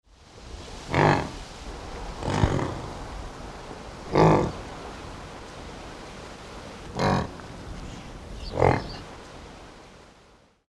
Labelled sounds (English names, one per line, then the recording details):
Yak
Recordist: Tembrock, Günter
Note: Langlaute von Weibchen